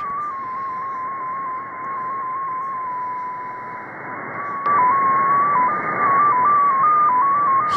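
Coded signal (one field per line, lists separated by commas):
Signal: numbers station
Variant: XPA2 MFSK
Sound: a single pure tone hopping between a few nearby pitches, stepping several times a second, over hiss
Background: radio static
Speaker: once the message starts you're gonna see it's gonna change its tones and it's gonna be like multiple towns being transmitted this is just a start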